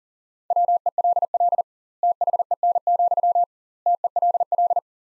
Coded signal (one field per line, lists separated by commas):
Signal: Morse code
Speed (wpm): 40 wpm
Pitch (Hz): 700 Hz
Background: none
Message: WELL THEN, TELL